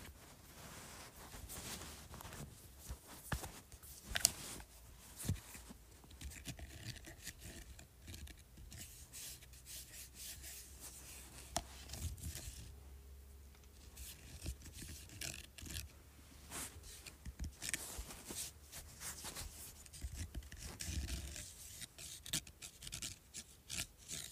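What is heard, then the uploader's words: Rough scratching over a bumpy surface runs in dense, irregular strokes, with a sharp scrape near four seconds and a low rumble beneath. Scratching Bumpy Surface.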